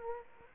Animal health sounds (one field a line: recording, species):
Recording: mosquito wingbeat signal from an infrared sensor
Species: Aedes aegypti